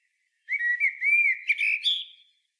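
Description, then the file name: Common blackbird singing one mellow, fluted warbling phrase of low whistles, rising into brighter, squeakier notes at the end. "Turdus merula"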